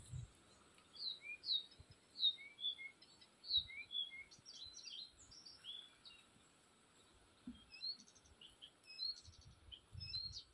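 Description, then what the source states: Birds chirping, short bright high notes in loose clusters, busier at the start and end, with a quiet pause midway. Forest birds recorded in spring.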